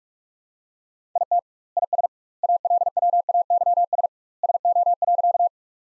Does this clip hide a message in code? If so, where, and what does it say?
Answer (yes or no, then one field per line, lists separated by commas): yes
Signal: Morse code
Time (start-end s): 1.2-5.5 s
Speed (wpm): 41 wpm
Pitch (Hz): 700 Hz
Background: none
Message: IT IS ALWAYS SO.